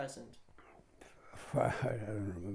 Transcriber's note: chuckles